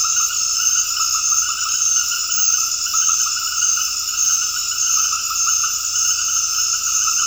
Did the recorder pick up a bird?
no